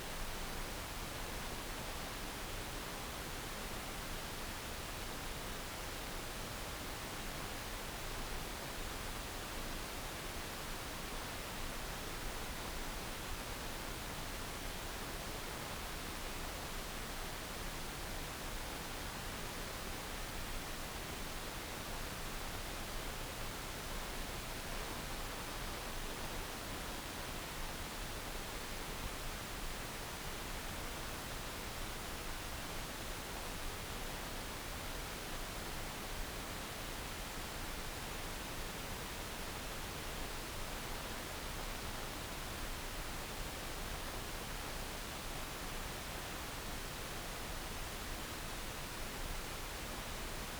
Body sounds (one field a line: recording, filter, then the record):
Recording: brain microelectrode recording played as sound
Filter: wide band, above 20 Hz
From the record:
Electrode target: subthalamic nucleus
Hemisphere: left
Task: reaching with the right hand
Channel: 2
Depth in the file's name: 0.251 mm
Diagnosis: Parkinson's disease